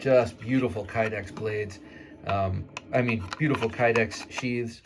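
A fixed-blade knife and its molded kydex sheath are handled while someone talks throughout. No distinct click stands out, and nothing has seated or clicked yet; the knife has not snapped home into the sheath by the end of the clip.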